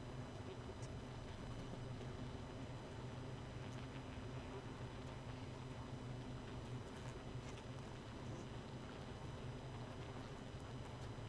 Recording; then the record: honeybee colony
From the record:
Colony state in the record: missing queen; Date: 31 May 2018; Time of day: 1:32